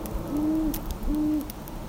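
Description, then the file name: Great horned owl calling two low, level hoots less than a second apart, with faint clicks and a quiet rumble behind. "Great Horned Owl - Bubo virginianus"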